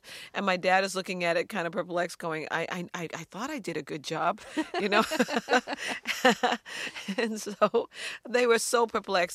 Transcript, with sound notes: And my dad is looking at it kind of perplexed, going: I thought I did a good job, you know.
(SOUNDBITE OF LAUGHTER)
And so they were so perplexed.